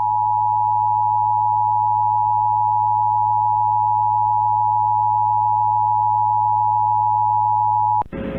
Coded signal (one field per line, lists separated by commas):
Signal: Emergency Alert System (SAME) tones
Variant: 853 and 960 Hz attention tone